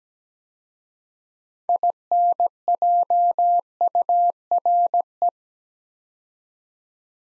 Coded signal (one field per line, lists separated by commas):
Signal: Morse code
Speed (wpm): 17 wpm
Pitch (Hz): 700 Hz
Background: none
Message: INJURE